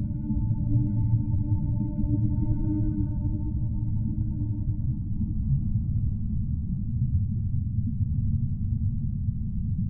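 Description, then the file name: Orca call: a level tonal call with several stacked harmonics lasting about four seconds and then fading away, over continuous low rumbling background noise. "Whale Relax - Orca Sings"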